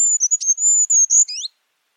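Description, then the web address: Bird song: a short, very high, thin whistle with one click, ending in two quick rising notes. "Bird Only"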